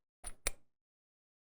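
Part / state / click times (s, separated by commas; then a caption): spark plug into magnetic spark plug socket / seated / 0.5 s. An aircraft spark plug with a metal and ceramic body is pushed into a 7/8 inch magnetic spark plug socket wrench. A softer knock at 0.3 s leads to a sharp click at 0.5 s as the socket's magnet grabs the plug. The plug is seated and held in place so it isn't dropped during removal.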